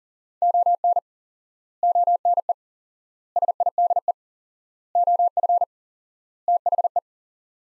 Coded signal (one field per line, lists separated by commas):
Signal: Morse code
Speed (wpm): 37 wpm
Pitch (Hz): 700 Hz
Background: none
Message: ON ONE SIDE OF THE